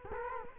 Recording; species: mosquito wingbeat signal from an infrared sensor; Culex quinquefasciatus